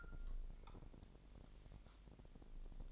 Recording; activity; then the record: daily activity, microphone in the room; take from stove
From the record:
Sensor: 5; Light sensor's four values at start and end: 30/68/28/27 and 31/71/29/28